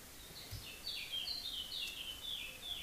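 Several birds chirp and sing in continuous, overlapping high-pitched phrases, fairly faint against a steady background hiss, with no voices present.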